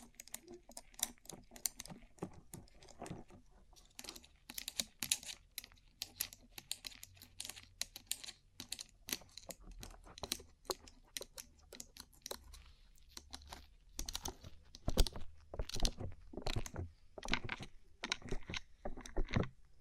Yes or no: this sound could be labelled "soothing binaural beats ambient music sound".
no